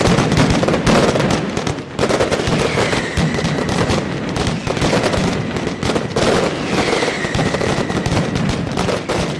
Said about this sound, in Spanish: Y la mascletà se vivió de forma intensa. Una gran ovación se llevaron los pirotécnicos de la Alpujarreña por el espectáculo ofrecido y que Teleelch retransmitió en directo.